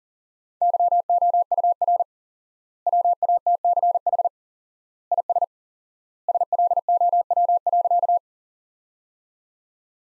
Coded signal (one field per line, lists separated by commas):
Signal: Morse code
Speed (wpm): 40 wpm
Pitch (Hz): 700 Hz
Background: none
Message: YOUR WATCH IS SLOW.